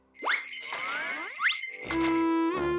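Small bells worn on people's feet jingle and tinkle continuously as they walk, mixed with a couple of rising swooping tones, then settle into a steady bright ringing; no one speaks.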